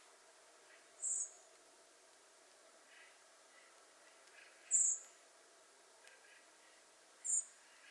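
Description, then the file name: Common blackbird giving thin, very high calls, three brief notes spaced a few seconds apart over soft background hiss. "Turdus merula"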